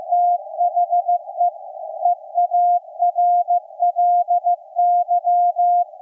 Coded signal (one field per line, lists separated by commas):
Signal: Morse code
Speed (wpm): 15 wpm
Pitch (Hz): 700 Hz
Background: none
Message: THE EARLY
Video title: Night of Nights XX KPH Point Reyes California Reactivation 128085 kHz CW Shortwave SDRplay RSP1A W6L